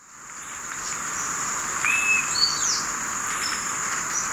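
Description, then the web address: Bronze-green euphonia giving a few thin, clear whistles, one slurred downward, against a loud high insect drone. Recorded in Ecuador. "Natures Songs S America Birds of Ecuador Bronze-green Euphonia"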